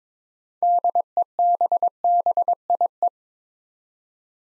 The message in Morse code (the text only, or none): DEBBIE